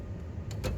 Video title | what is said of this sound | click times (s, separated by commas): 큐비콘 싱글 플러스(Cubicon Single+) 익스트루더 분해 및 청소 | 방금 딸깍한 소리 들으셨죠 | 0.5 s